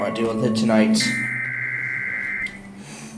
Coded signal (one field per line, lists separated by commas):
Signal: Emergency Alert System (SAME) tones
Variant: header bursts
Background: speech